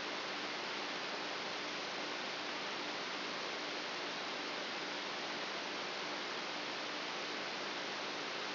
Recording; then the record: brain microelectrode recording played as sound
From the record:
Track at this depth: outside the subthalamic nucleus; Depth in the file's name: 8.1 mm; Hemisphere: right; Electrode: 2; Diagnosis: Parkinson's disease